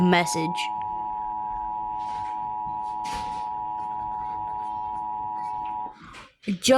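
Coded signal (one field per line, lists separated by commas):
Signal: Emergency Alert System (SAME) tones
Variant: 853 and 960 Hz attention tone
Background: speech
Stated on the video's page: Mock EAS all-clear message following a remade fire EAS mock.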